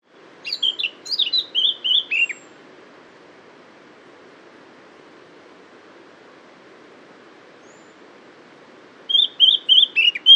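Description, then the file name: Eurasian blackcap song: a burst of rich, varied warbling phrases in the first two and a half seconds, a long quiet gap, then another fluty burst near the end. "Sylvia atricapilla"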